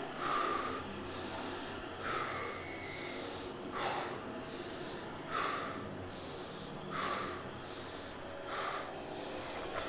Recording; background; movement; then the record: deep breathing; traffic; sitting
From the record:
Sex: male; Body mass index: 22.0 kg/m2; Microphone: on the chest, facing outward